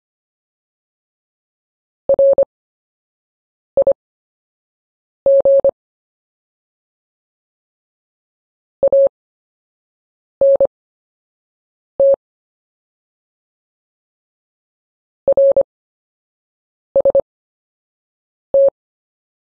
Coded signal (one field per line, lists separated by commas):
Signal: Morse code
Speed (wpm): 25 wpm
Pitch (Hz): 550 Hz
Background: none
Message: RIG ANT RST